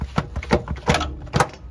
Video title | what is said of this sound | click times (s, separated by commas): #2012 ford fusion replace front hub bearing and axle shaft | Yun, pumasok na. Narinig mo guys, pumasok na. | 1.4 s